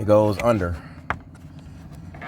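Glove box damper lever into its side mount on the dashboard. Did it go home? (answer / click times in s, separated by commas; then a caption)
yes / 1.1 s. On a 2023–2024 Honda Pilot, after the cabin air filter change, the small damper arm lever on the side of the glove box is hooked back under its mount on the dashboard. Someone talks, then a sharp plastic snap at 1.1 s seats the lever back in place, followed by quieter faint sounds.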